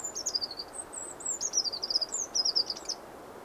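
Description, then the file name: Eurasian wren singing a continuous stream of shrill, fast trills and sharp high notes that rise and fall until about half a second before the end, over a soft low hiss. "Troglodytes troglodytes"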